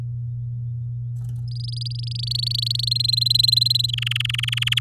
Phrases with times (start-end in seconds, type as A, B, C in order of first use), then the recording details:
1.48-2.89 A, 2.91-3.91 B, 3.93-4.79 C. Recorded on 8 May 2018 at 10:41. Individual llb16